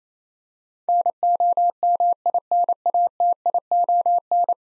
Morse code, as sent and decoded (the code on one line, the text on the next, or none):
-. --- -- .. -. .- - .. --- -.
NOMINATION